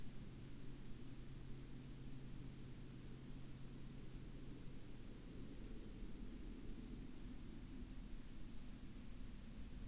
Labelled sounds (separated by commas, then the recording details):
man-made sound
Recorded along the Dalton Highway, Alaska, on 23 April 2019 at 06:51
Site 09